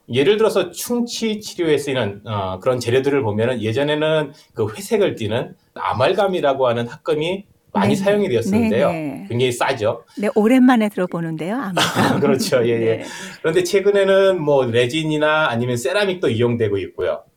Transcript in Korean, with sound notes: 예를 들어서 충치 치료에 쓰이는 그런 재료들을 보면 예전에는 회색을 띠는 아말감이라고 하는 합금이 많이 사용이 되었었는데요. 굉장히 싸죠.
오랜만에 들어보는데요?
(웃음) 아하 그렇죠. 예 그런데 최근에는 레진이나 아니면 세라믹도 이용되고 있고요.